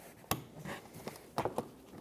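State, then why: Seated. Two plastic door wiring harness connectors are pushed into their mating plugs in the door of a 2014–2021 Mazda 6 during a power window motor replacement. Sharp clicks are heard at 0.3 s and 1.4 s, with a few fainter taps and handling noises around them. Both connectors are confirmed seated.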